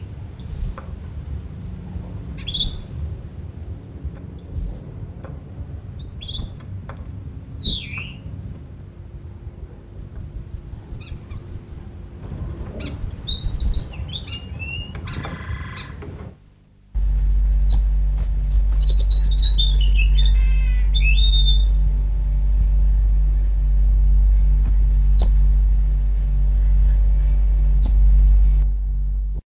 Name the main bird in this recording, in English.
Red Avadavat